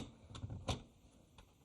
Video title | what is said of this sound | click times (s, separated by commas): Saeco (Starbucks) Italia Espresso Machine - Usage Demo. | So now you we- can see this snaps back into place. | 0.3 s